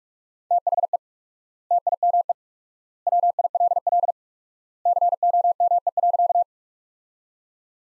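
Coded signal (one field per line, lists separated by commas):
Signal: Morse code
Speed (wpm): 46 wpm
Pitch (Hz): 700 Hz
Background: none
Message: THE TIME WILL COME.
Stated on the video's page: Morse practice: sentences built from the top 100 words at 45 wpm with quadruple word-spacing, a word-based Farnsworth-like approach.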